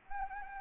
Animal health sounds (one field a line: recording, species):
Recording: mosquito wingbeat signal from an infrared sensor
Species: Anopheles gambiae